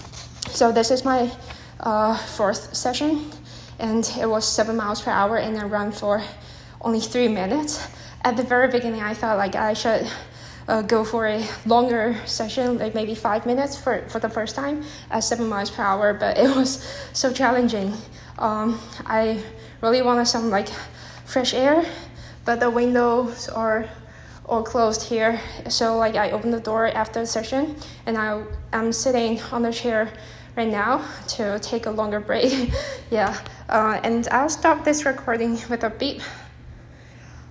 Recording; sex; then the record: free speech after running; female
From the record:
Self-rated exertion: moderate exertion (3 of 6); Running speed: 7 miles an hour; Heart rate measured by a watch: 121 beats a minute at the start, 122 at the end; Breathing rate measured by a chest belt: 22 breaths a minute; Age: 24 years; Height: 163 cm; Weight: 52 kg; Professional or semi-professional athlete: no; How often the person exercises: 1 to 2 times a week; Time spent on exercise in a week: under 1 hour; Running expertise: no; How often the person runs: 1 to 2 times a week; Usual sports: interval training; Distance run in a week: 5 km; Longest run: 3 km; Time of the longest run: 30 minutes